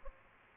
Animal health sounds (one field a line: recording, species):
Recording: mosquito wingbeat signal from an infrared sensor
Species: Aedes albopictus